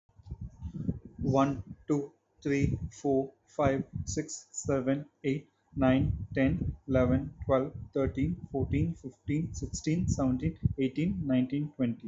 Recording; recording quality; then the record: counting at a normal pace; moderate, slight background noise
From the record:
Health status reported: healthy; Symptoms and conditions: none ticked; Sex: male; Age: 27 years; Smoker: not ticked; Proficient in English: yes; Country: India